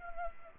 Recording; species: mosquito wingbeat signal from an infrared sensor; Culex pipiens